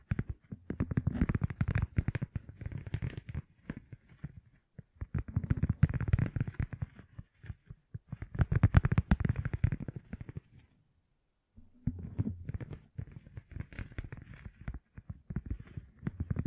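Gem-covered fingertips tap and scratch in dense, rapid bursts of clicky crackling, with a low thudding undertone. Bursts run about two seconds each, separated by brief pauses, and a longer silence falls near the eleventh second before the tapping resumes.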